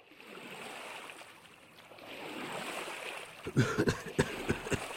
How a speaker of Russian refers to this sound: мигом перестал смеяться, отвязал лодку и столкнул ее в воду.